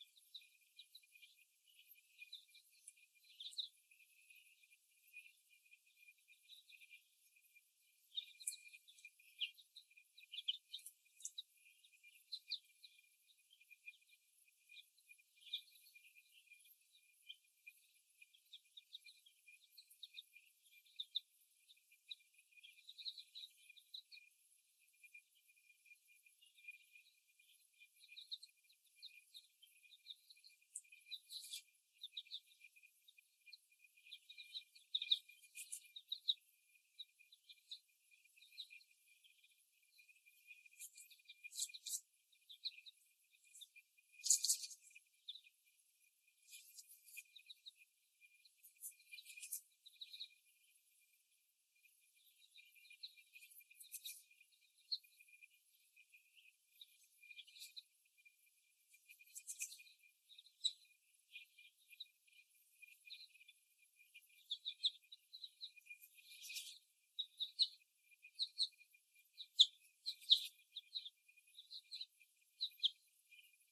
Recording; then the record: young laying hens in a cage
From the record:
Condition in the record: after the stressor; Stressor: simulated dog barking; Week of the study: 1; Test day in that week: 1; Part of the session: 4